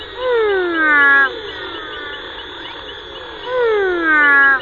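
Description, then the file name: Four-eyed frog giving two falling, whining calls about three seconds apart, each near a second long, against a chorus of similar calls and a continuous high-pitched drone. "Pleurodema fuscomaculatum"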